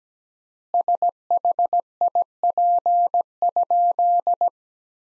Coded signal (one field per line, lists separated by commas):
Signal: Morse code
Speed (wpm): 17 wpm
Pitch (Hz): 700 Hz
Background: none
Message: SHIP?